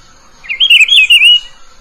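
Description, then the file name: Rufous-browed peppershrike giving a single loud, rolling warbled phrase of linked whistled notes lasting about one second. "canto do pitiguari"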